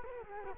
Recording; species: mosquito wingbeat signal from an infrared sensor; Culex quinquefasciatus